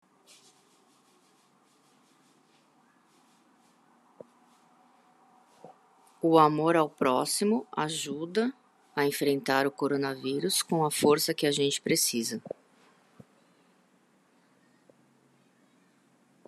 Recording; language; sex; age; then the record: spoken sentence; Brazilian Portuguese; female; 40 to 49 years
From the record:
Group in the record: control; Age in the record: 46 years